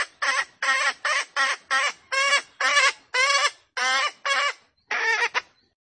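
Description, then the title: Junglefowl call: a series of about eleven harsh squawking notes in an uneven rhythm, with short gaps between them. Female junglefowl; the call is used as a lure recording to attract birds. "Pancingan Ayam Hutan Betina. Suara Ayam Hutan Betina"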